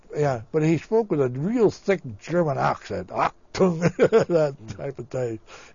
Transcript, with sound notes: Yeah. But he spoke with a real thick German accent. "Achtung." (he laughs) That type of thing.